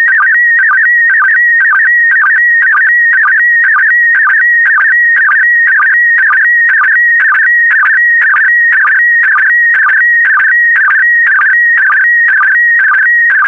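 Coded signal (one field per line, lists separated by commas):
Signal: SSTV (slow-scan television)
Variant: PD120 mode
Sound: warbling electronic tone around 2 kHz with a rhythmic stepped dip about twice a second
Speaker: complete. You can now check your decoded image against the picture that is shown on the video.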